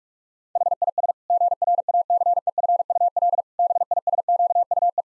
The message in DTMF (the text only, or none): none